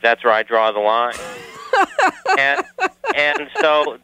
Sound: laughter

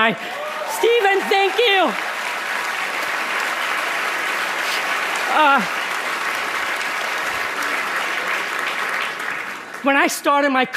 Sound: applause

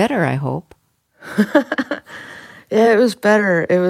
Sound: laughter

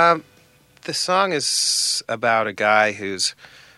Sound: none

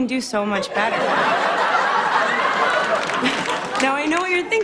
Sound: laughter, applause

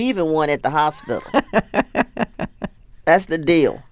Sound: laughter

